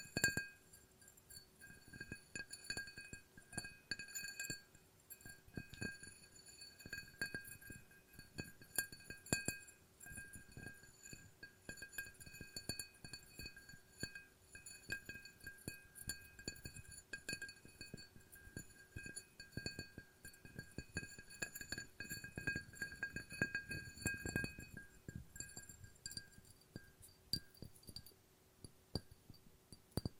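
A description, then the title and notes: Glass is tapped and left ringing, its clear, bright tones hanging on steadily through the whole half minute. Small clinks and taps land irregularly, a few every second, some sharper than others, with a cluster of louder strikes near the end. ASMR No Talking Glass Tapping and Ringing Sounds.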